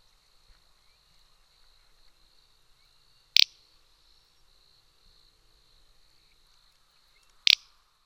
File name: Tetrax tetrax